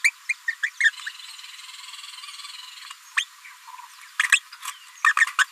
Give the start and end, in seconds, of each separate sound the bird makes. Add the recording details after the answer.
0.04-0.10, 0.29-0.33, 0.47-0.53, 0.63-0.69, 0.80-0.90, 1.06-1.09, 3.17-3.24, 4.19-4.22, 4.32-4.39, 5.06-5.13, 5.20-5.25, 5.38-5.44. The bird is a female. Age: 27 days. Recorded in a nest box in Venezuela. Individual 17B73B2